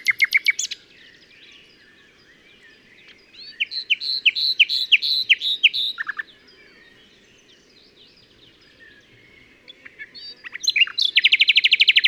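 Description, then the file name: Common nightingale song: a fast burst of sharp repeated notes, then a run of loud repeated chirps, a pause, and a closing rapid rattling trill. "Luscinia megarhynchos"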